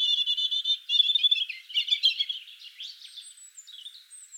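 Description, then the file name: European robin song opening with rapid repeated high notes, then tumbling into a scratchy warble and fading thin whistles. "Erithacus rubecula"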